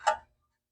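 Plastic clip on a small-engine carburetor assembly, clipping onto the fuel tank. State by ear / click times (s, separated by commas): seated / 0.1 s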